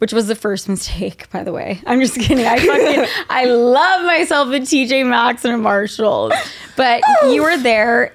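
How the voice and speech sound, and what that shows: An adult woman talks in quick, lively conversational speech, with a light chuckle and a brief joking aside. Her words come out clear and fluent, with no blocks, repeats or slurring, and her voice is steady and clean, consistent with ordinary speech.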